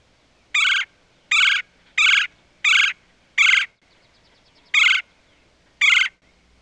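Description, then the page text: Red-bellied woodpecker giving harsh, rolling kwirr calls, seven short burry notes in irregular spacing with brief pauses between them. "Red Bellied Woodpecker. Quick Sounds"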